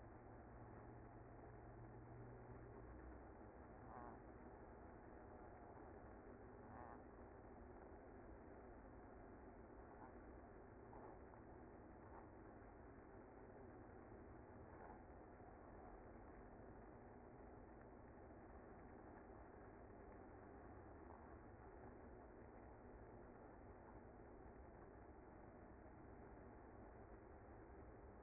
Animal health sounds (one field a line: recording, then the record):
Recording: honeybee colony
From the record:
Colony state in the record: active